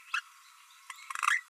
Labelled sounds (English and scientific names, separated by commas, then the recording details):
Green-rumped Parrotlet (Forpus passerinus) babbling
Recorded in a nest box in Venezuela
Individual 18B12A1